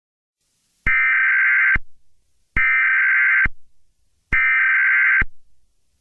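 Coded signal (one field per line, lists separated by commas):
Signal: Emergency Alert System (SAME) tones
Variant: header bursts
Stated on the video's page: Fictional alert scenario for entertainment, not for broadcast.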